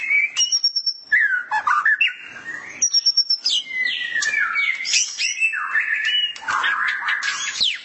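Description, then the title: Magpie-robins and shamas song mixing long high pure whistles with lower slurred warbles, rapid chatter and sweeping notes that rise and fall, almost without pause. "Suara Burung Murai"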